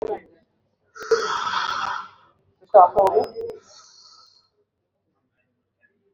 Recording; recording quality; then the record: deep breathing; excellent, no background noise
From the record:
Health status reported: exposed to COVID-19, no respiratory illness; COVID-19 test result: not tested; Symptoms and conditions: none ticked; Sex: male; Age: 51 years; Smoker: not ticked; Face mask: not worn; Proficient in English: yes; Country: India